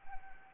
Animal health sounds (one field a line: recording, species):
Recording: mosquito wingbeat signal from an infrared sensor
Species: Anopheles arabiensis